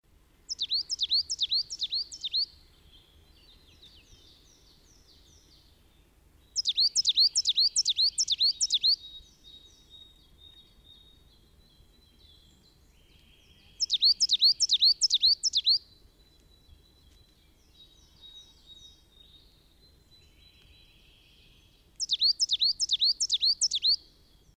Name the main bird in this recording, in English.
Coal Tit